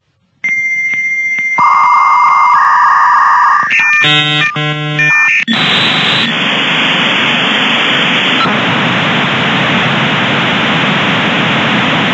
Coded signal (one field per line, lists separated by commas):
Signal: dial-up modem handshake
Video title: Frequency spectrum and amplitude of an analog modem while dialling in